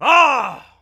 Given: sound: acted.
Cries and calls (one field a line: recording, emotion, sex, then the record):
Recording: nonverbal affect burst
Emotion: anger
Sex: male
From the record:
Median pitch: 262 Hz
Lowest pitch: 130 Hz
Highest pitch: 352 Hz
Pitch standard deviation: 68 Hz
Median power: 71.2 dB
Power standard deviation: 16.4 dB